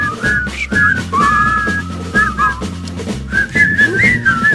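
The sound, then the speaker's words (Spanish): Someone whistles a bright, wandering melody in clear sustained notes with quick slides between pitches, carried over steady low backing music with no talking. “No sé silbar.”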